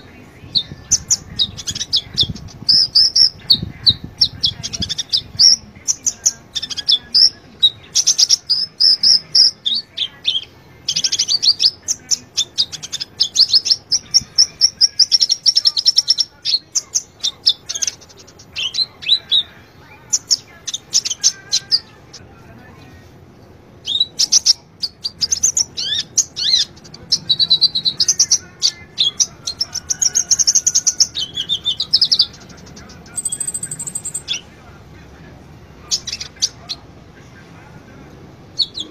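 A small bird sings in a fast, nearly continuous stream of high, thin chirps and twittering trills. The song runs in dense bursts with brief pauses around 6, 22 and 24 seconds, over a faint low rumble in the background.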